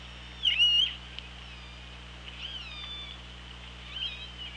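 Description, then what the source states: Orca calls: a loud harmonic call with a wavering tone opens, then two fainter calls follow, all over constant hydrophone hiss. OrcaLab hydrophone, 24 August 2017, 16:34.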